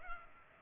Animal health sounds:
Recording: mosquito wingbeat signal from an infrared sensor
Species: Culex pipiens

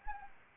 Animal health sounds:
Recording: mosquito wingbeat signal from an infrared sensor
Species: Anopheles gambiae

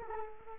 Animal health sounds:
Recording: mosquito wingbeat signal from an infrared sensor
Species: Culex quinquefasciatus

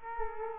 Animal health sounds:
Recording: mosquito wingbeat signal from an infrared sensor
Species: Culex quinquefasciatus

